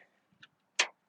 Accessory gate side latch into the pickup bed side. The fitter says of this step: you're going to lock in